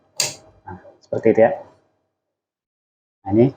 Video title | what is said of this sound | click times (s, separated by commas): Membuat Kabel LAN Paling Baik Dan Benar, Rapi Pasti Berhasil | dipasang, kita tekan hingga berbunyi klik. Nah, | 0.2 s